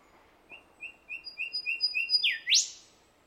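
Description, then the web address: Bird calls: six short, even whistled notes at one pitch with a faint higher tone above them, ending in a loud note that sweeps sharply upward. Australian bird of unidentified species. "Sound Effects-Foundation 1 BIRD AUSTRALIAN UNKNOWN SEQUENCE"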